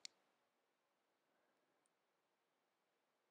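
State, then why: Seated. A triple lumen catheter, slid fully through the central port of a 9 French MAC introducer sheath, has its hub locked into place on the port with a single sharp click at 0.1 s. A faint tick follows at about 1.9 s over near-silence, and the catheter hub is seated on the introducer.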